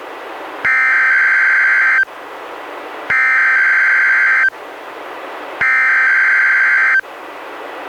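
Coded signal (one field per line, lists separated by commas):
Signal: Emergency Alert System (SAME) tones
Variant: header bursts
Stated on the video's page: NWR Required Weekly Tests from NWS Portland via Astoria weather radio station, recorded directly from a Reecom R-1630 weather radio by USB.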